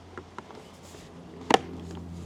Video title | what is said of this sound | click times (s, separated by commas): Byd Shark Side Mirror Protector Covers | Make a nice click and it'll be in there nice and strong just like that. | 1.5 s